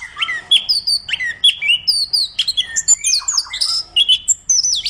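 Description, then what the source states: Orange-headed thrush singing a fast medley of clear whistles, downward slurs and short twittering notes, phrases following each other with barely a pause. Described as singing vigorously ('gacor').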